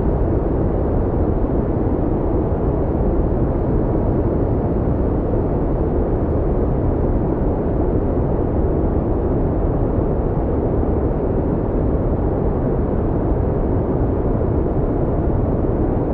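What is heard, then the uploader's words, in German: Brown noise: a deep, rumbling hiss, heavier and darker than sharp white noise. It stays completely steady for the whole stretch, with most of the sound in the low end and almost nothing above the upper mids. Braunrauschen - einen tieferen, grollenden Ton, der sich vom schärferen Weißrauschen unterscheidet.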